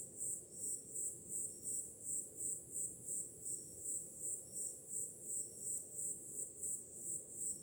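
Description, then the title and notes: Crickets trilling in rapid, regular high-pitched pulses above a steady soft roar of surf. Summer night. "Som do mar ao fundo, grilos e cigarras em uma noite de verão – Ocean, crickets and cicadas in a summer night"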